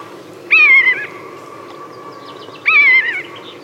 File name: Musvåk